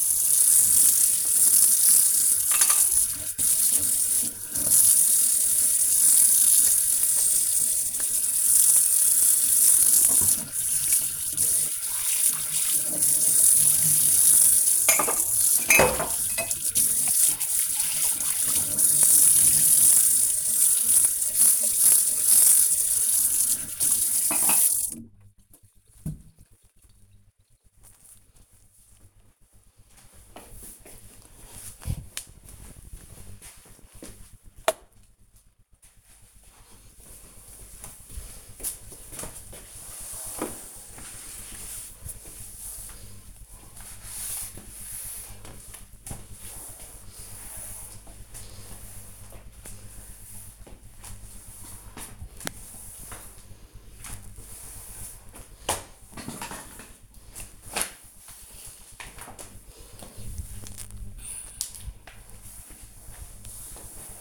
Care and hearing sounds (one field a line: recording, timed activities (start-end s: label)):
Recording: household activities, microphone on the right wrist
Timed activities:
0.00-24.52 s: washing dishes
34.55-64.21 s: floor cleaning